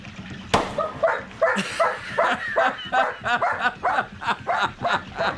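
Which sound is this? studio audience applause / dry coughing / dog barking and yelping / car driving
dog barking and yelping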